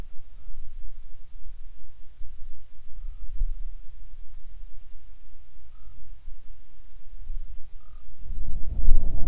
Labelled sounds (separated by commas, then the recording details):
bird, wind, insects
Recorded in the Prudhoe Bay oil fields, Alaska, on 10 July 2019 at 13:54
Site 14